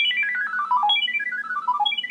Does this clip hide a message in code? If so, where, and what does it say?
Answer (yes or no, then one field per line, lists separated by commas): no